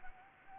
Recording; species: mosquito wingbeat signal from an infrared sensor; Anopheles gambiae